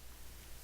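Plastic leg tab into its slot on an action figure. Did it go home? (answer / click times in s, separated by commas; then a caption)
no / none. A plastic tab on the leg of a Titans Return Deluxe Twinferno transforming action figure is pressed into its slot, but the tab is warped, so it only soft-tabs in. Only a steady broadband hiss with a low hum is heard, with no distinct click. Nothing has clicked into place.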